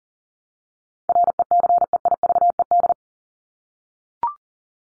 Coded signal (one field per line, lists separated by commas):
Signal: Morse code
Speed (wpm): 40 wpm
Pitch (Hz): 700 Hz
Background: none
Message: RECEIVED